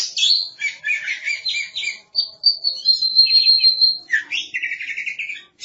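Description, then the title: Oriental magpie-robin song: rich varied phrases of chirps and buzzy trills, with a long sustained high whistle midway and a rapid trilled ending. Kacer song. "Suara Kicauan Burung Kacer"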